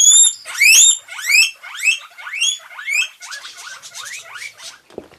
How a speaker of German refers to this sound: Huch! Wer pfeift denn hier so laut? Ach, das sind wohl die Meerschweinchen. Wenn sie Hunger haben, fangen sie an zu pfeifen.